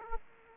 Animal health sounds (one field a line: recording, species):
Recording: mosquito wingbeat signal from an infrared sensor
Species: Aedes aegypti